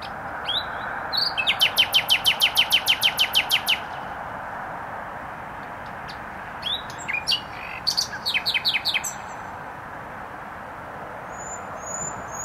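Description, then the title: Nightingale song: a fast even rattle of many repeated notes, then a later burst of varied clicks and chirps, with steady background traffic hum. Singing in bushes beside a noisy motorway, Trasa Toruńska, Bródno-Podgrodzie, Warsaw, Poland; recorded on an Olympus LS-11. "Bródno-Podgrodzie, Warszawa, Polska - Trasa Toruńska Nightingale"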